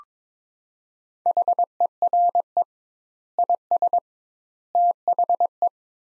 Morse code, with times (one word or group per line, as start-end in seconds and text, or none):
1.3-2.6 HERE
3.4-4.0 IS
4.8-5.7 THE